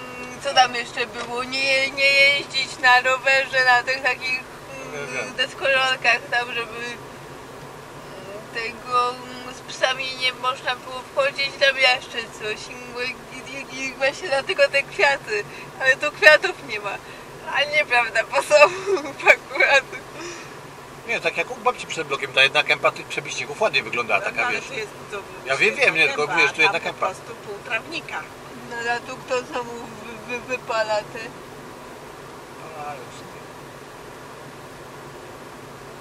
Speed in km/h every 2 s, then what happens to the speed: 50, 50, 49, 50, 49, 49, 48, 48, 48, 48, 49, 49, 50, 50, 49, 49, 50, 50.
0-36 steady at about 49.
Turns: none.